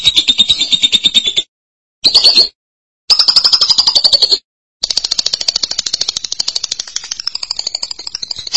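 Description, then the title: Lovebird trilling in several fast, high, buzzy stretches separated by short pauses, the last run long and slightly wavering in pitch. "BM Suara Burung Lovebird"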